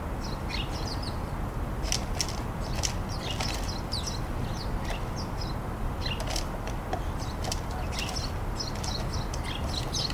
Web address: house sparrows passer domesticus briskly chirping at the bird feeder